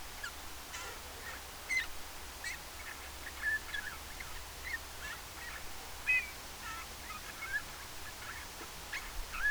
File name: Pyrrhula pyrrhula